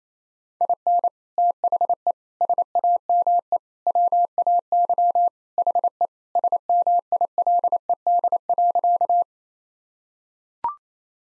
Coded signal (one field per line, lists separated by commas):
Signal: Morse code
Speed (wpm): 27 wpm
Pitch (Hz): 700 Hz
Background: none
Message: IN THE SAME WAY HE SMILED.